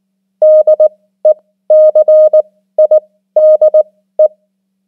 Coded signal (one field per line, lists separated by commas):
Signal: Morse code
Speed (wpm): 19 wpm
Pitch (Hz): 620 Hz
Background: none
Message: DECIDE